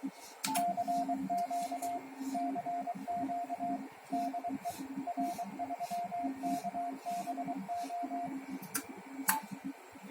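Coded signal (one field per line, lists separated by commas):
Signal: Morse code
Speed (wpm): 22 wpm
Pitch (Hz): 700 Hz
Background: radio noise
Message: CQ CQ DE R3KBO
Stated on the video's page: HF/6m 1200 W linear amplifier using an MRF1K50.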